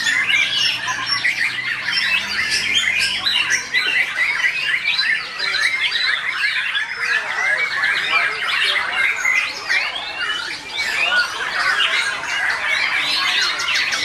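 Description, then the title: Oriental magpie-robin singing a rapid, continuous medley of sharp chirps, whistles and scratchy phrases, steady in loudness from start to end. "Kicau Kacer"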